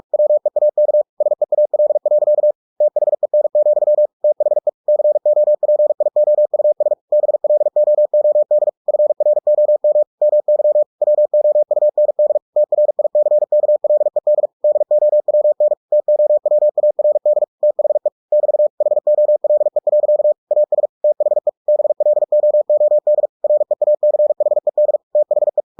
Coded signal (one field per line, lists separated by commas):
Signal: Morse code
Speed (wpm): 46 wpm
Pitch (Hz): 600 Hz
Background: none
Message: WEAK SEAL. THEN, THE COPIOUS BLOOD FROM MY WOUND TRICKLED DOWN TOWARD THE <BT> HOLE. AS THE BLOOD REACHED THE